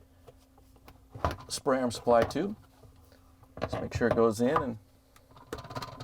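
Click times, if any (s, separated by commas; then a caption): 5.5 s. A plastic spray arm supply tube is pushed into the diverter of a Whirlpool/KitchenAid/Maytag dishwasher water supply diverter (WPW10455272) while someone talks, with faint handling taps in between. A sharp click at 5.5 seconds marks the tube locking in, seated.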